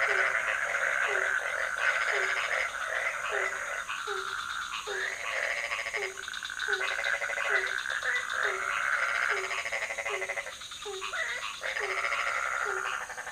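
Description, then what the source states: Dense frog chorus: loud buzzy rattling calls nearly continuous, with short falling croaks repeated quickly underneath. Several frog species calling at night in a pond near a hotel in Ubud, Bali, Indonesia; recorded with Sony PCM D50, Rode NT4 and Rode boompole.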